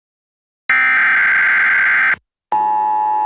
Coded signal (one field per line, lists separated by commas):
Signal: Emergency Alert System (SAME) tones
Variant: header bursts